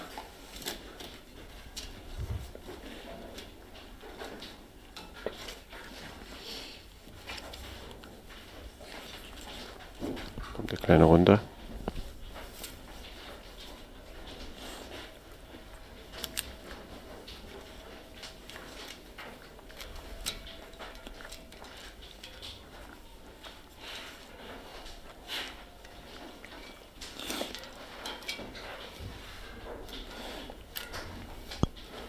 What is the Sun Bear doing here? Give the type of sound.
call